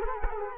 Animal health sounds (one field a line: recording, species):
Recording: mosquito wingbeat signal from an infrared sensor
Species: Culex quinquefasciatus